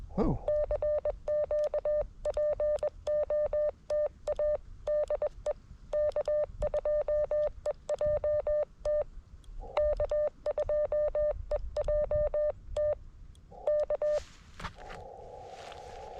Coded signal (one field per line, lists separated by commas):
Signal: Morse code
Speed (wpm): 21 wpm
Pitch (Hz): 590 Hz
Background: none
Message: CQ POTA DE K2EJT K2EJT K